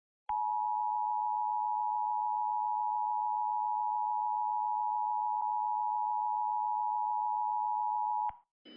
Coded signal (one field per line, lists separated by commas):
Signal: Emergency Alert System (SAME) tones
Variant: 853 and 960 Hz attention tone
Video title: EAS Scenario: Otherworldly Invasion